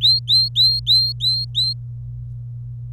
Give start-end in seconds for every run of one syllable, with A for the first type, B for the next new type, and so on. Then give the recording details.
0.01-1.73 A. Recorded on 25 April 2018 at 14:50. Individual llb3